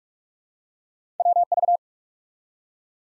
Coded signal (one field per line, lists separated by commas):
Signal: Morse code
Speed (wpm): 45 wpm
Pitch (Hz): 700 Hz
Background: none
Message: WV